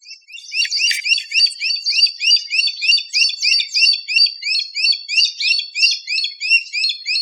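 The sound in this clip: Bird calling in a fast, steady series of high chirping notes, about three per second, continuing throughout without pause.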